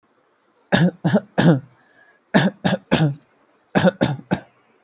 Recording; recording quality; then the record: heavy voluntary cough; excellent, no background noise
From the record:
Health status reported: healthy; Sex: male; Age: 24 years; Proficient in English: yes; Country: India